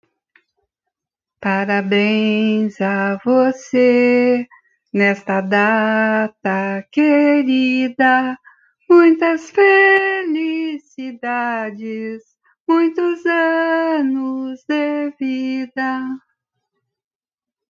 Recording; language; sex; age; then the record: short text; Brazilian Portuguese; female; 30 to 39 years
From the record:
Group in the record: control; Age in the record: 33 years